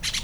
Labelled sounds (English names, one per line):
Brown-throated Parakeet contact call